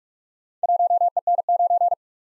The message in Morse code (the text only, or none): 1EN9